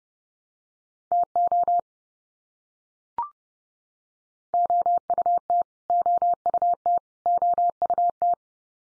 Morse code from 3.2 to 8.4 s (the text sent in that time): OUT OUT OUT